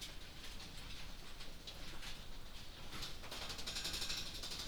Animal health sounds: poultry house recording; no chicken sound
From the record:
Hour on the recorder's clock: 20

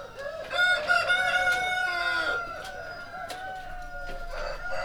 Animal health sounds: poultry house recording; healthy chickens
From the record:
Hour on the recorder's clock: 2

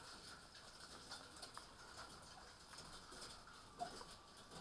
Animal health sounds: poultry house recording; healthy chickens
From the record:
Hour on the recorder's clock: 18

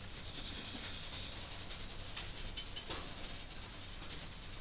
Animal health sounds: poultry house recording; no chicken sound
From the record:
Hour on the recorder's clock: 19

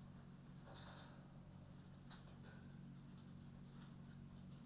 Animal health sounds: poultry house recording; no chicken sound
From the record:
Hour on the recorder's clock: 23

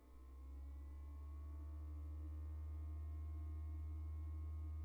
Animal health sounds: poultry house recording; no chicken sound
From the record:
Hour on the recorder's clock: 15

